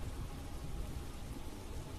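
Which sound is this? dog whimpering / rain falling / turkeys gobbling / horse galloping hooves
rain falling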